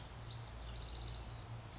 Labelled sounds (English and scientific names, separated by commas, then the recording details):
Blue-gray Gnatcatcher (Polioptila caerulea)
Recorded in Sonoma County, California